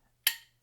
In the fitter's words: That way it snaps shut.